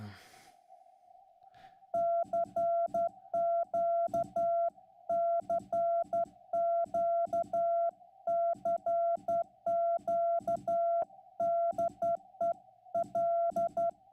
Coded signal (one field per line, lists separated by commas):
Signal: Morse code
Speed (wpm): 11 wpm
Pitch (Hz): 680 Hz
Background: none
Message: CQ CQ CQ DE L